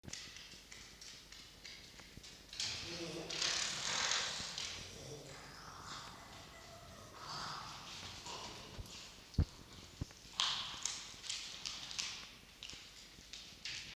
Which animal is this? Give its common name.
Red Fox